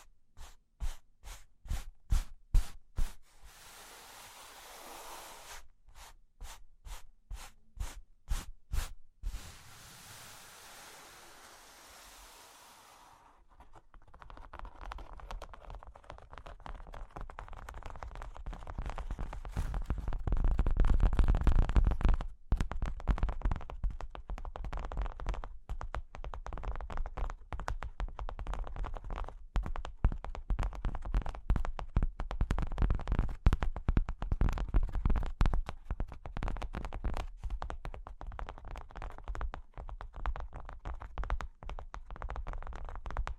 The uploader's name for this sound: Cork and Wood Tapping, Scratching, Tracing